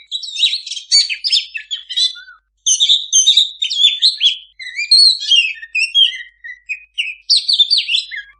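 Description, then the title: Oriental magpie-robin song: dense chattering bursts alternating with clear sliding whistles, a short pause early on, then more varied phrases. Master recording of a singing (gacor) kacer, meant for owners whose kacer do not sing (bisu). "mster Mnuk. Suara Masteran Kacer Gacor. Kacer Bisu"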